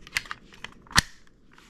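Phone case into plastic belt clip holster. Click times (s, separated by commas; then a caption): 1.0 s. A phone in a rugged plastic case, a Supcase Unicorn Beetle Pro for the Samsung Galaxy Z Flip 6, is pushed into its plastic belt clip holster. After a few light plastic ticks at 0.2 s and 0.3 s, a sharp, loud snap at 1.0 s marks the phone locking into the holster. It seats firmly.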